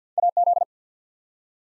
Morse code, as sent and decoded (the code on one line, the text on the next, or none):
.- --..
AZ